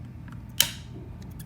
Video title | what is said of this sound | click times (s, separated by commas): Dust Cover for Holosun 407K and 507K Red Dot Optics | there you go it's locked and then you'll notice a few things here the | 0.6 s